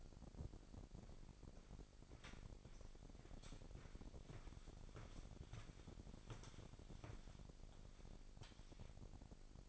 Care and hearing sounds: daily activity, microphone in the room; walk to room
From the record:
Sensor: 5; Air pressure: 1012.3 hPa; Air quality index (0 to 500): 233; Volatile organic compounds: 4 ppm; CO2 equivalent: 1551 ppm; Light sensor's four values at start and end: 59/137/57/61 and 57/131/55/59

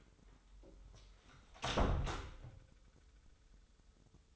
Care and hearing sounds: daily activity, microphone in the room; close door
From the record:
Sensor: 3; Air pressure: 996.2 hPa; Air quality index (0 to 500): 37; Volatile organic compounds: 1 ppm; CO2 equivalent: 654 ppm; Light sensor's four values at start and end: 14/34/14/14 and 14/33/14/14

